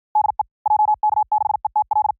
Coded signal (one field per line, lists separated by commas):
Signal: Morse code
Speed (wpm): 53 wpm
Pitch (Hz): 850 Hz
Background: none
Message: DE JK6ETL